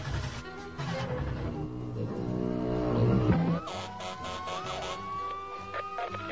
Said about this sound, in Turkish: Bu kadar yeter Mustafa. Sustur sireni.